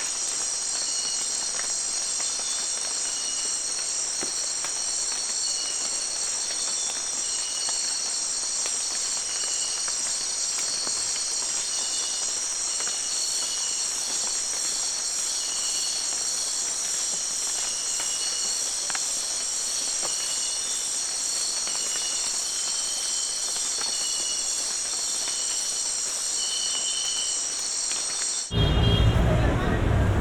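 A field recording of an environment in change: a dense, steady, high-pitched shrill drone with several layered tones runs without pause, dotted with short chirps in the middle range. Just before the end it cuts abruptly to a louder, low rumbling.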